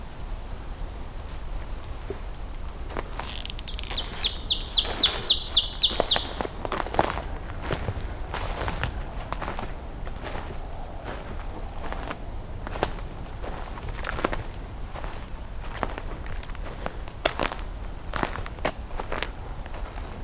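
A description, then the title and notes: A songbird gives one short, rapid, bright trill at about five to six seconds, then stays quiet. Crisp clicks and rustling steps sound at uneven intervals across the whole stretch, over a low, steady background hum. I’m concluding my morning hike, and continuing to listen for more vocalizing songbird species. The day may have started out quiet, but the vireos and various warblers are about to get very songful.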